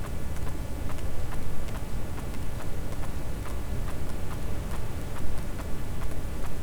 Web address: Physeter Macrocephalus cachalot